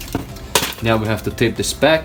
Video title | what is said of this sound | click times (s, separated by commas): Cheapest 2018 Ford Focus ST Part 9 | done let's push this back so it stays locked in place where these wires don't come out now | 0.6 s